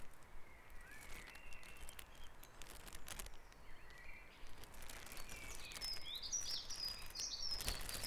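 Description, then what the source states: Dawn chorus birdsong, scattered chirps early on, then a burst of high, bright twittering notes in the final seconds, over low background hum. Dawn chorus recorded at Back Dragon Avenue, Harrogate, as part of a sound map of Harrogate.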